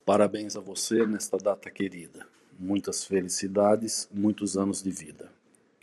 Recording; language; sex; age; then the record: short text; Brazilian Portuguese; male; 50 to 59 years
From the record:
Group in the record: control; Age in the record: 53 years